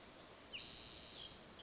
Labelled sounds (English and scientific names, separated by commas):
Spotted Towhee (Pipilo maculatus)